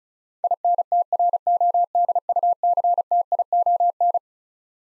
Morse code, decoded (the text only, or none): INTRODUCTION